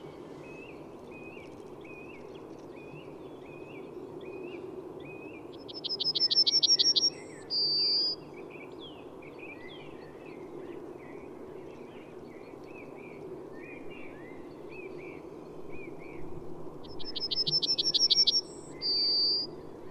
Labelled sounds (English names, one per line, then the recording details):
Yellowhammer song
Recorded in the wild
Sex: male
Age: adult
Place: Schönow, Naturpark Barnim, Brandenburg, DE
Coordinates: 52.6861, 13.5214
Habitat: bush
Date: 2005-03-31
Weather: clear, -2°C, weak wind
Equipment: Tascam DA-P1, Telinga Pro 5
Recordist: Frommolt, Karl-Heinz